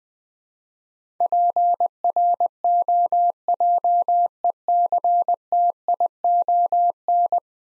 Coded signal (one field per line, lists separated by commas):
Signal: Morse code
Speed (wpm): 20 wpm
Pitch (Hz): 700 Hz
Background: none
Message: PROJECTION